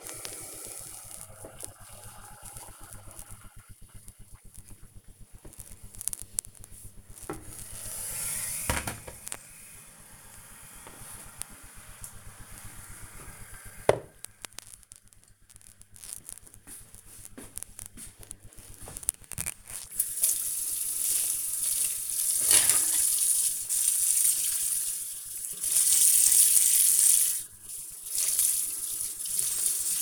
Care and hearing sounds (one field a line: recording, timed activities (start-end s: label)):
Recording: household activities, microphone on the right wrist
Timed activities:
0.00-9.02 s: making tea
17.07-30.01 s: washing dishes